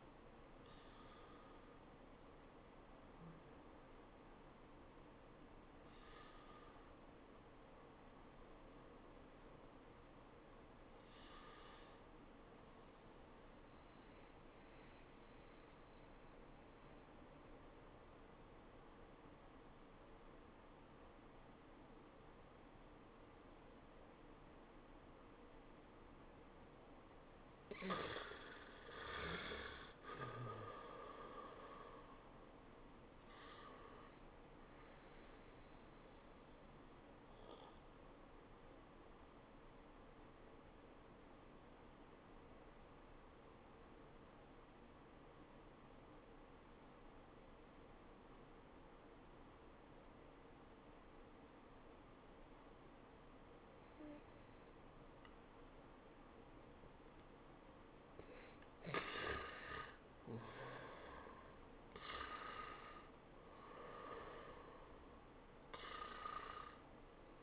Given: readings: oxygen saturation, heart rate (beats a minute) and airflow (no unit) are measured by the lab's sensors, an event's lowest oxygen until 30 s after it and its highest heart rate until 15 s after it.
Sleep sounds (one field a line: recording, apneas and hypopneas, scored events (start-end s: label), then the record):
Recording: breathing in sleep by a voice recorder at the bedside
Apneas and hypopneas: 2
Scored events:
12.00-27.30 s: hypopnea (N1, oxygen 96% highest, then 88% lowest, heart rate 87 at the start, 91 highest)
42.00-58.50 s: obstructive apnea (N1, oxygen 95% highest, then 86% lowest, heart rate 77 at the start, 93 highest)
From the record:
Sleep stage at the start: N1 (lightest sleep)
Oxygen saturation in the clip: 82 to 97%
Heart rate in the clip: 77 to 93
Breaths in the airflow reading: 10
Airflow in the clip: -13.2 to 10.5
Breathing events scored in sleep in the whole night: 403 in 5.5 hours asleep